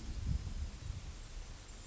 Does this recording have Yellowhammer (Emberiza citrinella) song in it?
no